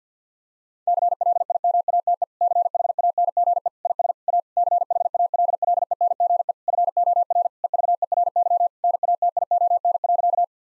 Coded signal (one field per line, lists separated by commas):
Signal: Morse code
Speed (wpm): 50 wpm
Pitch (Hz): 700 Hz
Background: none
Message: CLIMATE CHANGE IS A CHALLENGE FOR EVERY NATION.